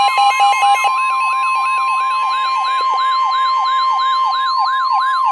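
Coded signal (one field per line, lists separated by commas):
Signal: Emergency Alert System (SAME) tones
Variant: 1050 Hz attention tone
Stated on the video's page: Emergency Alert System River Flood Warning from the National Weather Service, received on NOAA weather radio station WXK83A.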